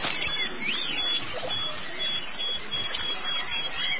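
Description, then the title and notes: White-eye song, two phrases of sharp high descending notes with thin twitters, about two and a half seconds apart. Pleci song. "Kicauan Burung Pleci Durasi Panjang. Suara kicauan burung pleci"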